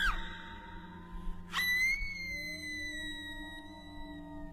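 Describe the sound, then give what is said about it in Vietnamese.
A shrill, agonized woman's scream rings out at night, then a second piercing cry breaks in and stretches into a long, wavering wail that slowly fades away over a low hum, with no talking. “Chỉ nghe tiếng hét thảm thiết vang lên.”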